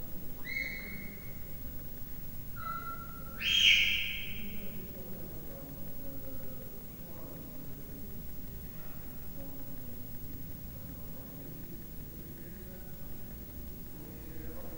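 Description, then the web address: Leopard cub chirping: a few high squeaky chirps in the first few seconds, one much louder, then mostly low background hum. Three-month-old leopard cub chirping, recorded at Miskolc Zoo, Hungary, 2009. "allathangok miskolcizoo 2009 standardt leopard haromhonaposkolyokcsipogasa"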